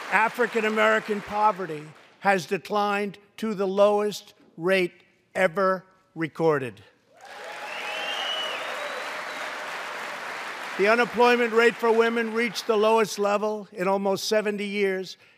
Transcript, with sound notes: African American poverty has declined to the lowest rate ever recorded. (Applause.) The unemployment rate for women reached the lowest level in almost 70 years.